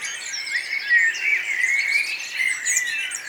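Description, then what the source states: Songbirds in a brief dense chorus of twittering, whistled notes and fast trills running together without a break. Morning mood at Nonnenhorn, 10 May 2009, 04:24; birdsong and twittering.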